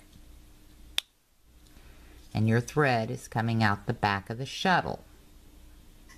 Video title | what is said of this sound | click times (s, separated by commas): How to wind a tatting shuttle with thread | after you snip off this little extra up here you're going to slide that bobbin right in till you hear it click and | 1.0 s